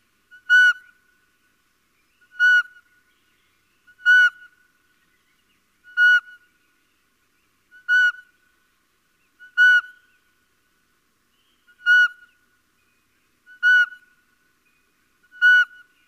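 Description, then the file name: Little owl giving a steady series of nine brief, plaintive mewing calls, roughly one every two seconds, with nothing else heard. "Civetta"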